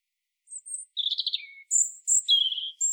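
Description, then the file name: European robin song: brief high notes, then a rapid beaded trill, then thin, very high sustained whistles and a descending warble. "Erithacus rubecula"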